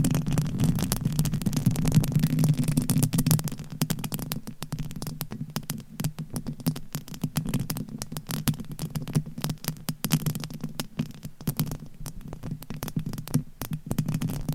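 Dense tapping and scratching runs through the whole clip, a rapid patter of short clicks over a low, rough rustle. The first three seconds are thicker and louder; after that the taps become more separated and irregular, with sharper clicks near 10 and 13 seconds.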